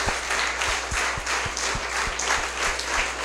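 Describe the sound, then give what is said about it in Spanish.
An audience applauds for Jesus at a sermon, many hands clapping steadily in a dense, continuous wash, with some louder individual claps punctuating the sound at an even pace. “Dale un aplauso a Jesús por eso.”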